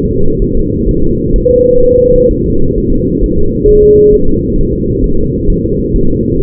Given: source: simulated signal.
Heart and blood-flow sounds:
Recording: fetal heart sounds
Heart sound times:
0.11 s: S2
0.42 s: S1
0.57 s: S2
0.89 s: S1
1.03 s: S2
1.36 s: S1
1.51 s: S2
1.84 s: S1
1.98 s: S2
2.31 s: S1
2.46 s: S2
2.78 s: S1
2.92 s: S2
3.24 s: S1
3.38 s: S2
3.69 s: S1
3.83 s: S2
4.14 s: S1
4.28 s: S2
4.59 s: S1
4.73 s: S2
5.04 s: S1
5.19 s: S2
5.50 s: S1
5.64 s: S2
5.96 s: S1
6.11 s: S2
6.42 s: S1
From the record:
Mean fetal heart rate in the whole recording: 130 bpm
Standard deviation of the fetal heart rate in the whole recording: 4 bpm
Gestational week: 38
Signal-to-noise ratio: -17.7 dB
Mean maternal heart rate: 72 bpm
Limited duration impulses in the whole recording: present

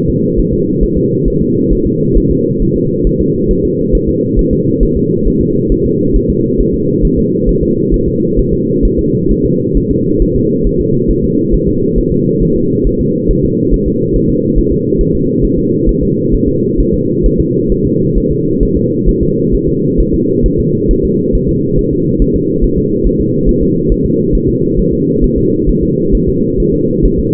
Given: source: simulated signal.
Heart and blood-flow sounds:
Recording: fetal heart sounds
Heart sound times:
0.10 s: S2
0.39 s: S1
0.53 s: S2
0.83 s: S1
0.97 s: S2
1.28 s: S1
1.42 s: S2
1.72 s: S1
1.86 s: S2
2.17 s: S1
2.31 s: S2
2.62 s: S1
2.76 s: S2
3.07 s: S1
3.21 s: S2
3.51 s: S1
3.65 s: S2
3.95 s: S1
4.09 s: S2
4.39 s: S1
4.53 s: S2
4.83 s: S1
4.97 s: S2
5.27 s: S1
5.41 s: S2
5.72 s: S1
5.86 s: S2
6.16 s: S1
6.30 s: S2
6.60 s: S1
6.74 s: S2
7.05 s: S1
7.19 s: S2
7.49 s: S1
7.63 s: S2
7.94 s: S1
8.08 s: S2
8.39 s: S1
8.53 s: S2
8.85 s: S1
8.99 s: S2
9.31 s: S1
9.45 s: S2
9.77 s: S1
9.91 s: S2
10.22 s: S1
10.36 s: S2
10.67 s: S1
10.81 s: S2
11.11 s: S1
11.24 s: S2
11.54 s: S1
11.68 s: S2
11.98 s: S1
12.12 s: S2
12.43 s: S1
12.56 s: S2
12.87 s: S1
13.01 s: S2
13.31 s: S1
13.44 s: S2
13.74 s: S1
13.88 s: S2
14.16 s: S1
14.30 s: S2
14.58 s: S1
14.72 s: S2
15.01 s: S1
15.15 s: S2
15.44 s: S1
15.58 s: S2
15.89 s: S1
16.03 s: S2
16.34 s: S1
16.48 s: S2
16.80 s: S1
16.94 s: S2
17.26 s: S1
17.40 s: S2
17.72 s: S1
17.86 s: S2
18.17 s: S1
18.31 s: S2
18.63 s: S1
18.77 s: S2
19.09 s: S1
19.23 s: S2
19.54 s: S1
19.68 s: S2
20.00 s: S1
20.14 s: S2
20.46 s: S1
20.60 s: S2
20.91 s: S1
21.05 s: S2
21.35 s: S1
21.49 s: S2
21.79 s: S1
21.93 s: S2
22.22 s: S1
22.36 s: S2
22.64 s: S1
22.78 s: S2
23.06 s: S1
23.20 s: S2
23.49 s: S1
23.63 s: S2
23.92 s: S1
24.06 s: S2
24.35 s: S1
24.49 s: S2
24.79 s: S1
24.93 s: S2
25.24 s: S1
25.38 s: S2
25.69 s: S1
25.83 s: S2
26.15 s: S1
26.29 s: S2
26.60 s: S1
26.74 s: S2
27.05 s: S1
27.19 s: S2
From the record:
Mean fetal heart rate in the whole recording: 135 bpm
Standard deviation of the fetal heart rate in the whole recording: 3 bpm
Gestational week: 36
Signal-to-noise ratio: -11.2 dB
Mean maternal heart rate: 72 bpm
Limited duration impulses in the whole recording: present

